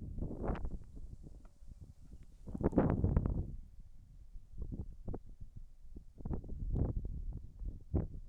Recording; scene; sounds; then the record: everyday scene through a hearing-aid microphone; wind on the microphone; wind, whistling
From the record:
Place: in front of a rural house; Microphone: behind the ear, left, front